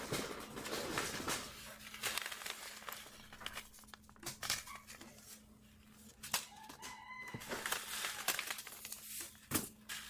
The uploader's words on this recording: Sorting Seed packets. Sorting packets of seeds.